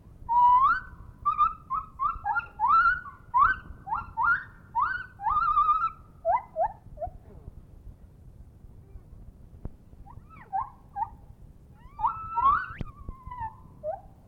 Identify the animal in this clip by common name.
Lar Gibbon